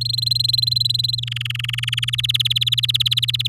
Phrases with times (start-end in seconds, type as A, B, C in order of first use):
0.01-1.15 A, 1.18-2.10 B, 2.13-3.47 C